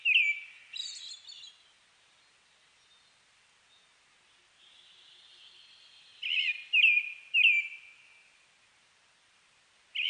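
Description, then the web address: Brown-headed thrush song: short phrases of a few slurred whistled notes mixed with higher, thin notes, separated by pauses, with a faint drawn-out whistle between. Recorded 29 May 2004. "2004 040529 akahara"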